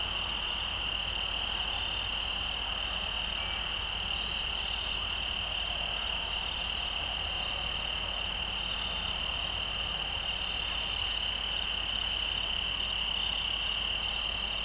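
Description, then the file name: Steady chorus of crickets, layered high-pitched trills running without pause from start to finish. In an open field. "Crickets and Birds In an Open Field"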